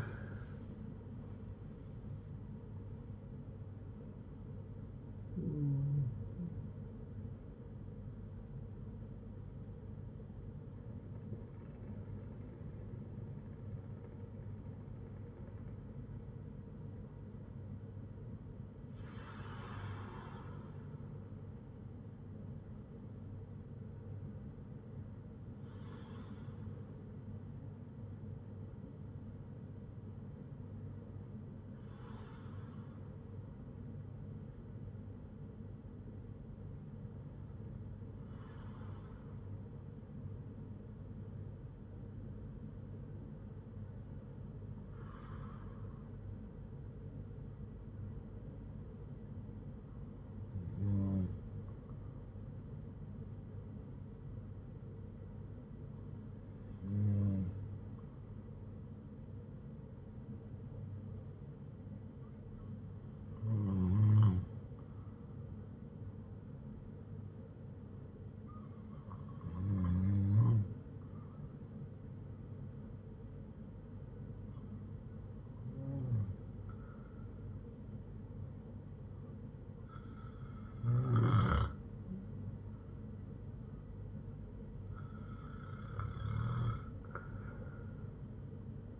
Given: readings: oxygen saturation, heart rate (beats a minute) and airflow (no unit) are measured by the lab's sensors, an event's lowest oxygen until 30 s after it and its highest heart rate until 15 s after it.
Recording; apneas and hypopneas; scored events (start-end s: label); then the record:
breathing in sleep by a smartphone at the bedside; none
47.00-89.00 s: new sleep stage, N2 (light sleep)
From the record:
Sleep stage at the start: N1 (lightest sleep); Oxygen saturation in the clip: 93 to 96%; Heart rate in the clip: 56 to 87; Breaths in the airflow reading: 14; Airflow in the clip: -7.8 to 8.8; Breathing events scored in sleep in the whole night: 182 in 7.4 hours asleep